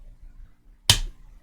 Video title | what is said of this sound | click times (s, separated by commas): Streaming Blood Bowl 2 (Bonehead Podcast) | that was a very satisfying click everything just clicked into place | 0.9 s